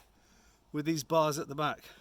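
A folding third-row seat in a 2005 Hummer H2 is being lowered toward the floor so its metal latch can engage the locking bars at the back. After about 0.7 seconds of quiet, a man talks until the end of the clip. Nothing has seated or clicked yet.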